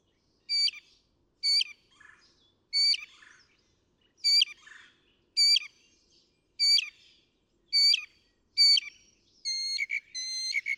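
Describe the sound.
Northern mockingbird song: a bright, ringing high note repeated about once a second, then a switch to a different, quicker chattering phrase near the end.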